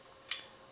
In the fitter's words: door, and then you can see it locks into place.